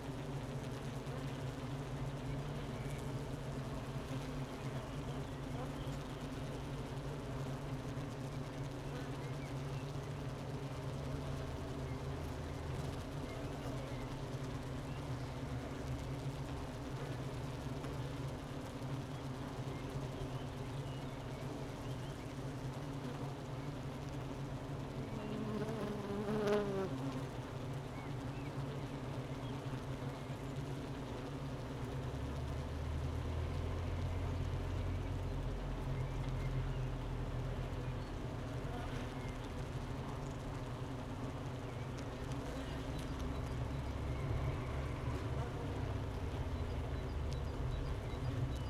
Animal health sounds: honeybee colony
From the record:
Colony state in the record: missing queen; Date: 31 May 2018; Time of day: 12:54

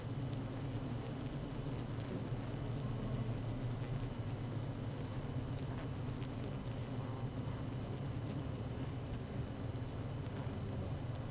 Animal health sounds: honeybee colony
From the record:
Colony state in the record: active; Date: 12 June 2018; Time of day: 17:00

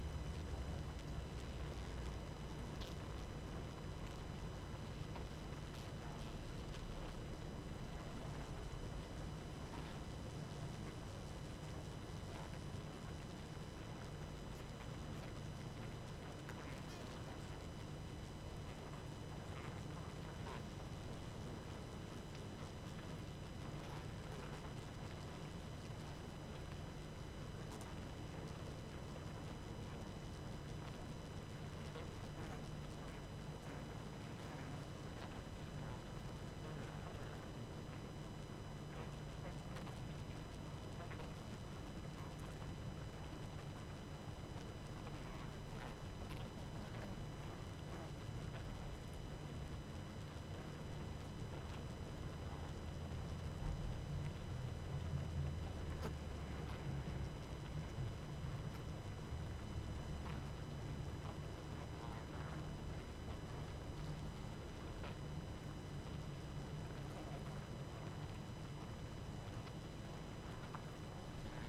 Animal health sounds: honeybee colony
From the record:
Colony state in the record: active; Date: 12 June 2018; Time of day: 22:40

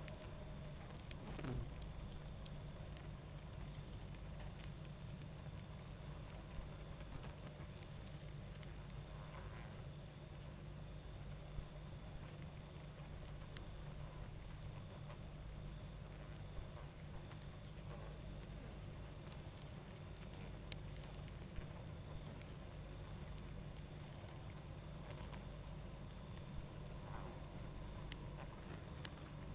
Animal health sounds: honeybee colony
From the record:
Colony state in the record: active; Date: 28 July 2017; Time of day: 21:17

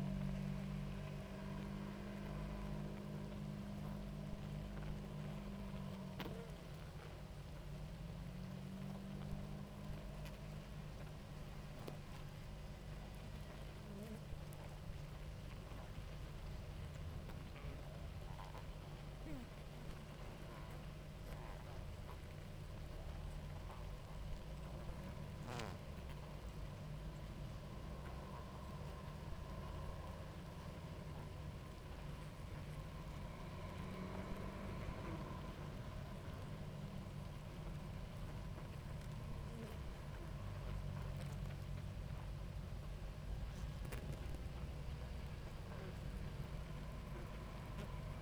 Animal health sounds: honeybee colony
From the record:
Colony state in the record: active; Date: 28 July 2017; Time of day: 18:37

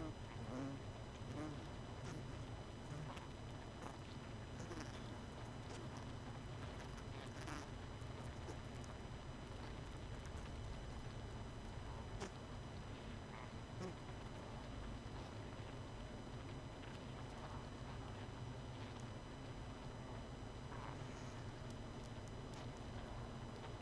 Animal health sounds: honeybee colony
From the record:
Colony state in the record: missing queen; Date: 31 May 2018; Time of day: 23:14

